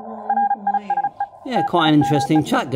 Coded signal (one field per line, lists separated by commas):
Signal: Morse code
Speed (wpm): 34 wpm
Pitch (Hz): 810 Hz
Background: speech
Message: RISE TIMEE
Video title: XIEGU - X6100 - CW DECODE FIXED - Working Well :)Firmware v1.1.5